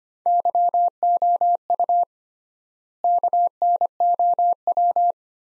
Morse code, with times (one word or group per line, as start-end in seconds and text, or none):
0.3-2.0 YOU
3.0-5.1 KNOW